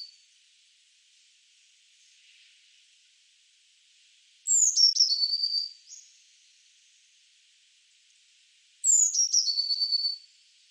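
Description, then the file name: Eurasian blue tit calling: two high descending notes, each running into a brief buzzy churr, about four seconds apart. "Cyanistes caeruleus"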